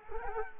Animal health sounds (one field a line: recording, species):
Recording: mosquito wingbeat signal from an infrared sensor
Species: Culex quinquefasciatus